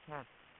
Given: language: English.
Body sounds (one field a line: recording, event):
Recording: throat vibration sensor signal played as sound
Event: speech